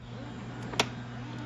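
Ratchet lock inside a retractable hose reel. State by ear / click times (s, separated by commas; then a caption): seated / 0.8 s. A hose is pulled out from a wall-mounted Vevor retractable hose reel, with steady low hum in the background. The internal ratchet latch engages with a single sharp click at 0.8 s, and the hose locks in place so it does not retract.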